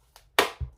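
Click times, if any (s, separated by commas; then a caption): 0.4 s. A detachable plastic part of a Wesco cordless paint sprayer gun is pushed back into the gun body. A faint tap at 0.2 s comes before a sharp, loud click at 0.4 s, followed by a lower thump around 0.6 s. The part locks in place.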